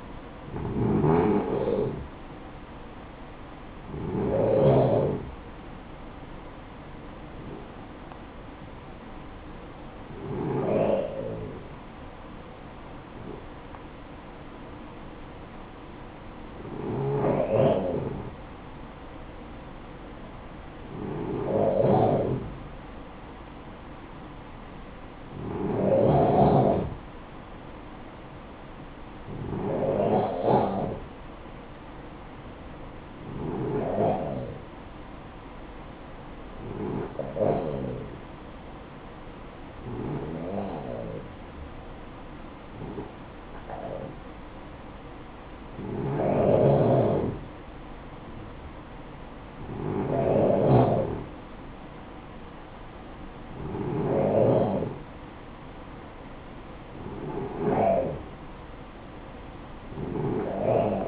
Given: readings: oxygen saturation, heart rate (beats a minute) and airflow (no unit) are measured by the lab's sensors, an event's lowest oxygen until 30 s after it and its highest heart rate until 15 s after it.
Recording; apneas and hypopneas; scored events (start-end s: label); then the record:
breathing in sleep by a voice recorder at the bedside; 1
14.00-49.00 s: hypopnea (N2, oxygen 96% highest, then 93% lowest, heart rate 60 at the start, 67 highest)
From the record:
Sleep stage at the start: N2 (light sleep); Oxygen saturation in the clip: 91 to 96%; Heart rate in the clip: 55 to 67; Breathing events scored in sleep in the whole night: 573 in 9.8 hours asleep